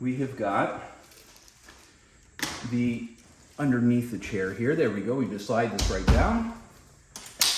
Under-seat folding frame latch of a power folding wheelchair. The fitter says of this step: snap this into place you've got the wire right here pull that wire